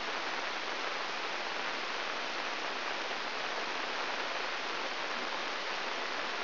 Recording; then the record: brain microelectrode recording played as sound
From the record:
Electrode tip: inside the subthalamic nucleus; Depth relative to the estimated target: -3.5 mm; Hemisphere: right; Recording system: AlphaMap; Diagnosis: Parkinson's disease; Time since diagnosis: 13 years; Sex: male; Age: 63 years